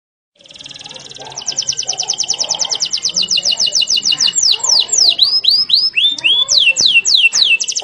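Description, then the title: Canary song that starts as a soft buzzy trill, grows into a loud rapid series of repeated notes, then breaks into swooping downward slurs. Song used as a lure to make lazy, non-singing canaries start singing steadily. "mster Mnuk. PANCINGAN KENARI"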